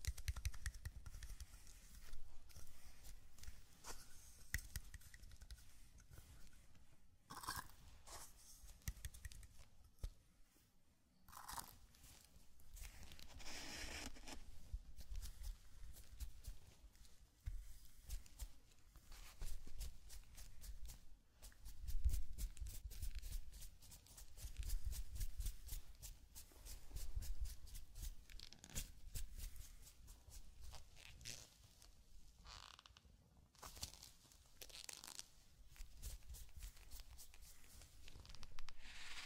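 Zen garden sand sounds: dense crinkling and brushing with quick taps and scratchy bursts, recurring unevenly throughout over a soft low rumble.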